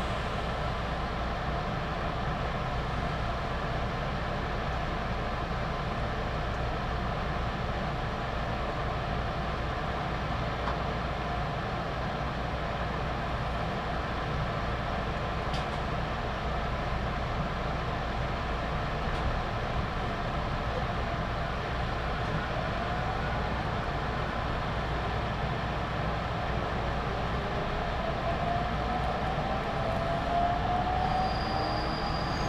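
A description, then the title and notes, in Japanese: A Tokaido Line local train runs between stations with a steady, dense rumble and low hum throughout. Faint tonal whines from the motor rise near the end, around 28 seconds, and a brief high click sounds at about 15 seconds. 東海道本線 普通列車 南大高→名古屋。東海道本線の普通列車はこまめに停車していくので、モーター音がよく聞こえます。４両編成。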